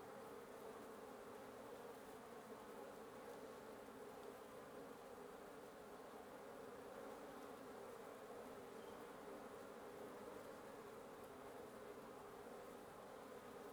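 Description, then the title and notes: Wasps humming continuously from a nest, a dense steady drone of many wings with a strong low band, unchanging throughout, no other clear sounds. Wasp nest under the roof of the recordist's residence at 1a Avenida Norte 19, Antigua Guatemala, Guatemala; recorded in the morning. "1a Avenida Nte 19, Antigua Guatemala, Guatemala - Un nid de guêpes. Un nid de guêpes sous le toit de ma résidence. Prise de sons (matinale) : JF CAVRO"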